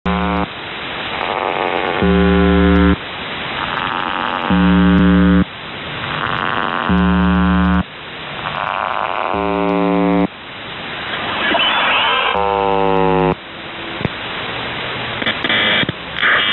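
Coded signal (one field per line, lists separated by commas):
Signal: channel marker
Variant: UVB-76 (The Buzzer)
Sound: harsh low buzzes about one second long, repeating every two and a half seconds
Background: radio static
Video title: The Buzzer/UVB-76(4625Khz) May 4th, 2023 Voice messages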